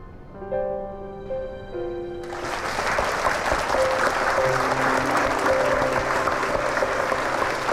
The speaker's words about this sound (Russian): Зал встает с бурными аплодисментами